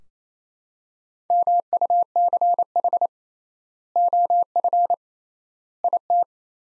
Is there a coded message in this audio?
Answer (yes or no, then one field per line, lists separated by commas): yes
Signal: Morse code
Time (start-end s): 1.3-6.2 s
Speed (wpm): 28 wpm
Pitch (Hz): 700 Hz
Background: none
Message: MUCH OF IT